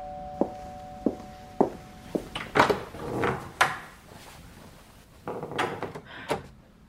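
door being opened

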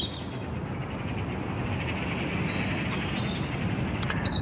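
songbird singing

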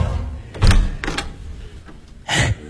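door opening and closing

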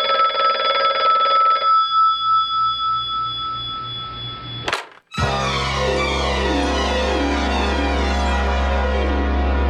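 telephone ringing

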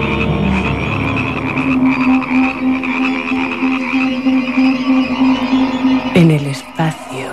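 frogs croaking

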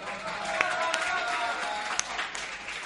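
audience applause

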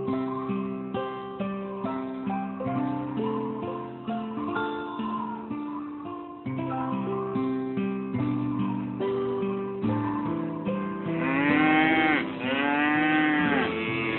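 cows mooing

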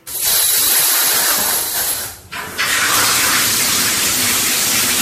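shower water running

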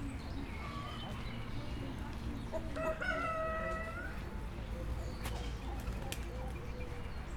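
rooster crowing

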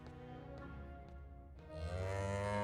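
cow mooing

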